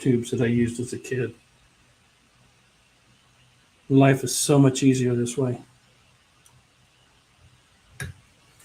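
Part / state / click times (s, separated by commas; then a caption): plastic scale model kit part into the model tank hull / seated / 8.0 s. A plastic part from a 1/48 scale tank model kit is pressed onto the model tank's hull with a positive fit. Someone talks, then after a quiet stretch a sharp snap at 8.0 s marks the part seating in place.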